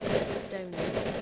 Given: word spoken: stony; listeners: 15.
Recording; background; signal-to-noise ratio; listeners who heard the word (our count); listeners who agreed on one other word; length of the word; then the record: one English word in noise, from a listening test; noise modulated by three-talker babble; -7.2 dB; 3 of 15; 10 of 15; 0.82 s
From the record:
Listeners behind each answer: 10, 3, 2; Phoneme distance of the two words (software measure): 7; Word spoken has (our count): 2 syllables, 5 phonemes, stress on syllable 1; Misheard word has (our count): 1 syllable, 4 phonemes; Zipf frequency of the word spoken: 2.92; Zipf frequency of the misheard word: 4.84